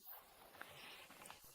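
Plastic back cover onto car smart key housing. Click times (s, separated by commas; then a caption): 0.6 s. The plastic back cover of a Volkswagen smart key is put back on over the battery in the replacement housing and pressed down. It clicks shut securely with one sharp snap at 0.6 s, followed by a few fainter handling taps around 1.3 s.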